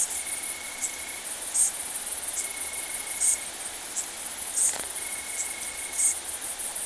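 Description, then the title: Bush crickets in a dense high-pitched chorus, bright chirps roughly every one and a half seconds over a steady buzz, with drawn-out even trills lasting about a second each. Bush crickets, Italian tree crickets and great green bush-crickets together at Saignon, Vaucluse, France, in September 2000. "Sylvain Jaskowiak - Animus. Decticelles, grillons d'Italie, grandes sauterelles vertes - Saignon, Vaucluse - septembre 2000"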